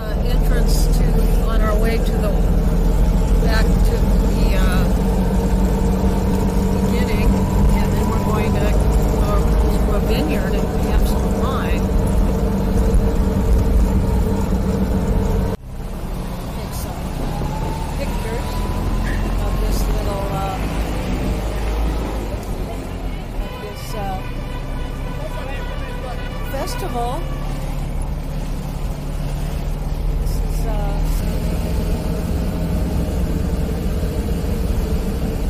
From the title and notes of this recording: Fiat 500 Club Tour in Tuscany. Driving through the Tuscan countryside near Florence with the Fiat 500 Touring Club.